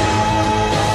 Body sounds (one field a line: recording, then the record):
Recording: coughing mixed with background sound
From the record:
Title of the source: female coughing - coughing sound effects girl